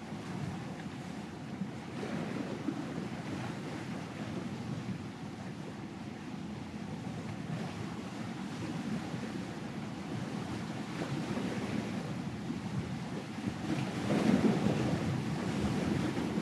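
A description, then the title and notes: Ocean surf rolls in a steady, dense wash, heaviest in the low range with a hissing spray above. Wind buffets the microphone throughout, and a louder surge of water arrives around fourteen seconds before easing slightly toward the end. Ocean Sounds.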